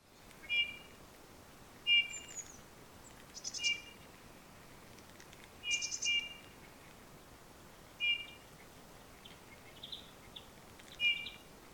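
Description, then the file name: Eurasian bullfinch calls: short piping whistles repeated at irregular intervals over about eleven seconds. "Pyrrhula pyrrhula"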